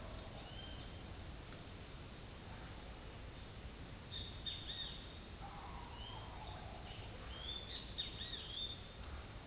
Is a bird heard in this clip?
yes